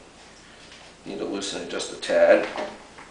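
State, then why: Not seated. Someone talks while handling the metal quick-release skewer lever on a bicycle wheel axle, after the quick-release nut has been tightened about three turns to lock the wheel in the frame. The clip is quiet for about the first second, then speech and faint handling noise fill the rest. The lever has not yet locked closed, and nothing has seated or clicked.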